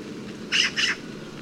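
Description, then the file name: Eurasian magpie giving two harsh, rasping chatter notes in quick succession over a low background rumble. "Pica pica"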